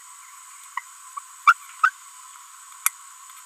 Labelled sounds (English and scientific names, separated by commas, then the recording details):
Green-rumped Parrotlet (Forpus passerinus) babbling
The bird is a female
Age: 30 days
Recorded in a nest box in Venezuela
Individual 17B42B3